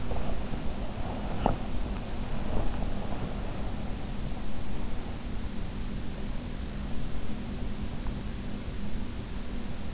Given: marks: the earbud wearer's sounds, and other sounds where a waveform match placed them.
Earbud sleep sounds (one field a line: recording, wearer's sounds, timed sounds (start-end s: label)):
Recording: sounds in sleep by an in-ear microphone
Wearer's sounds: body movement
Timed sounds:
0.00-4.23 s: body movement